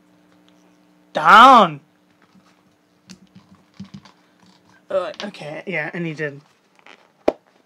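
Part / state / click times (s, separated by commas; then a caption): plastic action figure torso piece into the figure's body / seated / 7.3 s. Someone talks while pressing the heavy middle torso piece of a plastic McFarlane Toys DC Multiverse The Suicide Squad King Shark build-a-figure onto its lower body, with a few faint plastic taps and handling sounds between phrases. A sharp, loud snap at 7.3 s marks the torso piece popping into place, seated.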